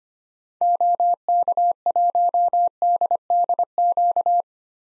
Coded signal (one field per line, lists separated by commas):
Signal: Morse code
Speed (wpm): 25 wpm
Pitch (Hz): 700 Hz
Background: none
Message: OK1DDQ